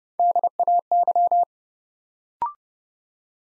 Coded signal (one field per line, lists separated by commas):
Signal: Morse code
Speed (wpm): 31 wpm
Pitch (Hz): 700 Hz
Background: none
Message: DAY